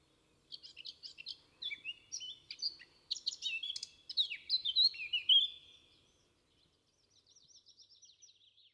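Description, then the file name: Eurasian blackcap singing a quiet chattering start that builds into loud, clear fluted whistles, followed by a soft run of repeated notes after a short gap. "Sylvia atricapilla"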